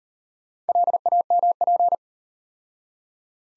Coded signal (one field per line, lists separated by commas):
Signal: Morse code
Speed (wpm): 37 wpm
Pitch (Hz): 700 Hz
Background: none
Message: LAMP